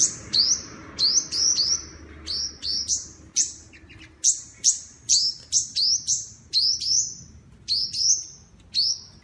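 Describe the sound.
High bird chirps, sharp and rising at the end, repeated in fast uneven series with short pauses, over soft low background noise.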